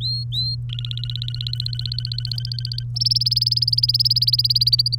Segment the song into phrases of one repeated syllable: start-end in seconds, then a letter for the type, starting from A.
0.01-0.55 A, 0.69-2.83 B, 2.96-4.95 C